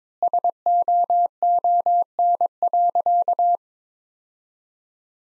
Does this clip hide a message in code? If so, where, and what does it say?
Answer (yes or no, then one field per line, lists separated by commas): yes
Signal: Morse code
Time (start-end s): 0.2-3.6 s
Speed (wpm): 21 wpm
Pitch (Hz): 700 Hz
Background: none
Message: SOON.